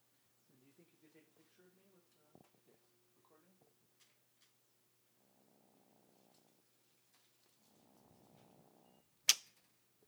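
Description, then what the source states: Mongoose making soft, low, pulsed purring calls in two bursts of about one and a half seconds each, after quiet chattering notes, with a sharp click near the end. Recorded in summer 2014.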